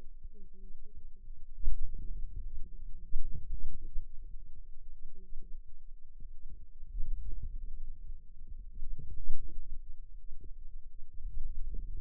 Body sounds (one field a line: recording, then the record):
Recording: forearm muscle sounds (acoustic myography)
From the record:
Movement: wrist flexion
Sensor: system 2, bracelet of six BSWA MPA416 microphones around the upper forearm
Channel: 1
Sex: female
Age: 21 years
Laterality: right